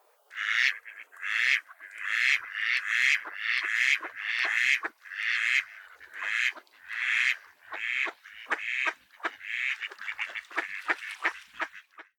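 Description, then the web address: Eastern spot-billed duck quacking: loud, harsh, nasal quacks in a long series, at first drawn out, then shorter and quicker toward the end, with nothing else heard. "karugamo"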